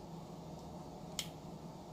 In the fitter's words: you heard that click